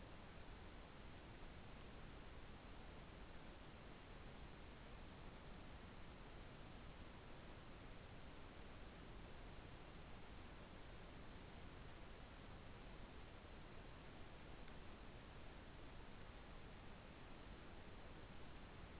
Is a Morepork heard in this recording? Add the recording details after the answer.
no. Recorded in New Zealand. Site Taranaki